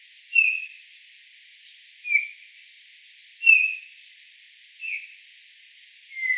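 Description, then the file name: Eurasian bullfinch giving soft, short piping whistles that dip slightly in pitch, six notes at uneven gaps, otherwise quiet. "Pyrrhula pyrrhula"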